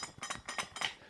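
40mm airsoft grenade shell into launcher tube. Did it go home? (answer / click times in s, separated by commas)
yes / 0.8 s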